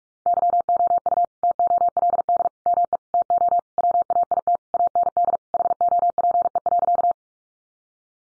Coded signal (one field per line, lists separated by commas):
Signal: Morse code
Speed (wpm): 44 wpm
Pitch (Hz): 700 Hz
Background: none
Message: YOU TOLD ME TO WAIT AND HOPE.